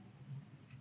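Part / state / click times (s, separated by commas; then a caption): bone biopsy needle stylet into powered drill driver / not seated / none. The stylet of a bone biopsy needle is being pushed into the hub of a powered drill driver, with a low steady hum and one faint tick near 0.7 s. The stylet has not seated and nothing has clicked yet, because it is not fully tightened.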